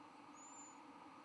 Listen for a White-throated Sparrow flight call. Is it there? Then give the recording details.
no. No flight call is heard. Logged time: 11:32 on 13 November 2014